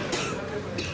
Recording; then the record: coughing mixed with background sound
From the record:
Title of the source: 64 coughing, allergies, singing lungs